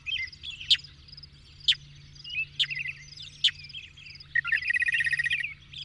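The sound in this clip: Birdsong with sharp clicking notes about once a second, soft warbling, then a rapid buzzy trill near the end.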